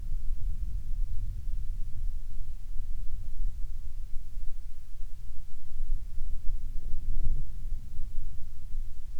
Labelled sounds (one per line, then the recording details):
wind
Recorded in the Arctic National Wildlife Refuge, Alaska, on 3 August 2019 at 10:57
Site 49